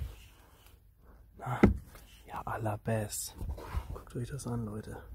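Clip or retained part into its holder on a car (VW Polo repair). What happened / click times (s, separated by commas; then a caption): The part is handled but not yet seated / none. A retained part or clip on a VW Polo 9N is handled and pushed toward its holder during exhaust and brake work, with a brief thump and handling noise under the sound of someone talking. Nothing has seated or clicked yet; the clip ends before the part goes home.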